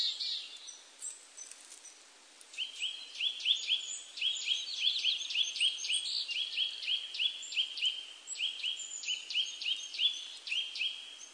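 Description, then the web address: Willow tit calling, a fast run of short high notes repeated in quick bursts, with thinner, higher notes above and a faint hiss throughout. Recorded 12 April 1998. "1998 980412 kogara"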